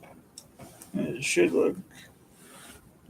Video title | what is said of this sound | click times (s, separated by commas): Building the Lego Gameboy | Push it to where it'll lock into place. | 0.4 s